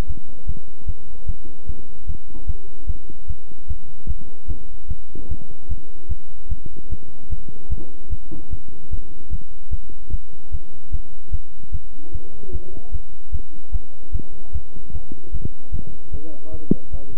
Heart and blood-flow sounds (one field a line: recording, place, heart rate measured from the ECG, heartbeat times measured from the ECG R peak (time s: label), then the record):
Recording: heart sounds by stethoscope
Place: between the tricuspid and mitral areas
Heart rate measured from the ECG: 150 bpm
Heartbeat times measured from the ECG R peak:
0.07 s: heartbeat
0.47 s: heartbeat
0.87 s: heartbeat
1.27 s: heartbeat
1.67 s: heartbeat
2.07 s: heartbeat
2.47 s: heartbeat
2.87 s: heartbeat
3.28 s: heartbeat
3.68 s: heartbeat
4.08 s: heartbeat
4.48 s: heartbeat
4.89 s: heartbeat
5.29 s: heartbeat
5.69 s: heartbeat
6.09 s: heartbeat
6.49 s: heartbeat
6.90 s: heartbeat
7.30 s: heartbeat
7.70 s: heartbeat
8.10 s: heartbeat
8.51 s: heartbeat
8.91 s: heartbeat
9.31 s: heartbeat
9.71 s: heartbeat
10.11 s: heartbeat
10.52 s: heartbeat
10.92 s: heartbeat
11.32 s: heartbeat
11.72 s: heartbeat
12.13 s: heartbeat
12.53 s: heartbeat
12.92 s: heartbeat
13.32 s: heartbeat
13.72 s: heartbeat
14.12 s: heartbeat
14.53 s: heartbeat
14.93 s: heartbeat
15.32 s: heartbeat
15.72 s: heartbeat
16.12 s: heartbeat
16.52 s: heartbeat
16.92 s: heartbeat
From the record:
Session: bicycle stress test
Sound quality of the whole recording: good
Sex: male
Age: 23 years